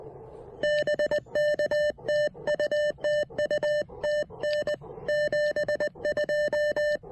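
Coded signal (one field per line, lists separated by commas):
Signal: Morse code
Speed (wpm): 19 wpm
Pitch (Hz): 590 Hz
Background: none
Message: BK TU TU TN 72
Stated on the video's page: Morse from a QRP Parks on the Air activation at a lakeside park using an Elecraft KX1 and an MC-750 antenna.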